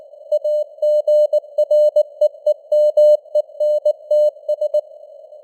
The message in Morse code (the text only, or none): AGREEMENTS